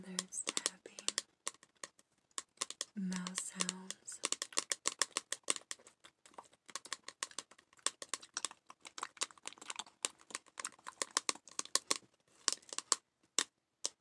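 Crisp fingertip tapping runs throughout in quick, uneven bursts of sharp clicks, thinning around the two-second mark and then growing dense again. Short low vocal sounds break in near the start and again around three seconds.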